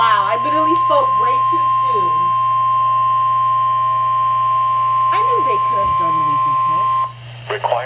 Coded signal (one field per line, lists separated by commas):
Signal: Emergency Alert System (SAME) tones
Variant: 1050 Hz attention tone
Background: speech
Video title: NEAR FAIL! | EAS #6 (Required Weekly Test)